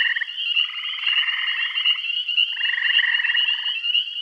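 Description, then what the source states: Frogs calling in pulsed, buzzy trills about a second long, overlapping in a chorus, over a steady high-pitched whine that runs throughout. Bath County.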